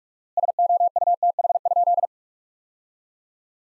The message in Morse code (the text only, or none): SOUTH?